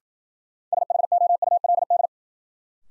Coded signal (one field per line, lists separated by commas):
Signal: Morse code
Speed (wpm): 51 wpm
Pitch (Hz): 700 Hz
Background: none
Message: SHOULD